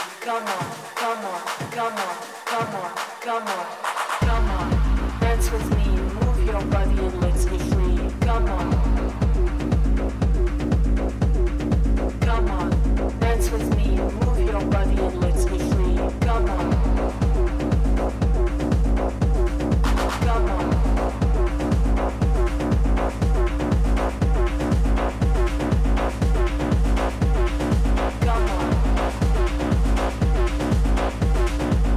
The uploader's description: Day of the Dead, Tucson Arizona